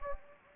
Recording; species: mosquito wingbeat signal from an infrared sensor; Anopheles gambiae